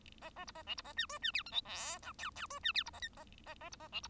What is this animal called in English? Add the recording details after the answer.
Bengalese Finch. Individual Bird1